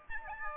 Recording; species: mosquito wingbeat signal from an infrared sensor; Aedes albopictus